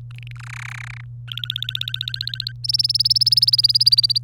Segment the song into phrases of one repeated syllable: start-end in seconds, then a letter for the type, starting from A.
0.14-0.37 A, 0.39-1.01 B, 1.28-2.52 C, 2.64-4.18 D